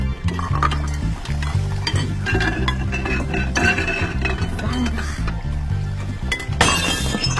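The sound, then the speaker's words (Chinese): Dishes clatter and clink repeatedly as someone washes them, over a steady low musical backing, with a sharp burst of shattering crockery near the end. “快，先刷碗。”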